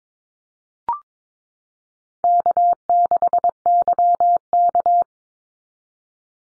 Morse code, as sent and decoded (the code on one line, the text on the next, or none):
-.- -.... -.-- -.-
K6YK